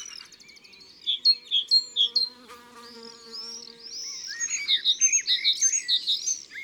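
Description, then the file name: Great tit song: a few clear, high repeated notes, then a steady buzz, then a faster run of high notes mixed with other chirps. "Mesange charbonniere ABC des chants doiseaux"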